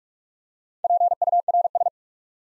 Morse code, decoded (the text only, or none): PURS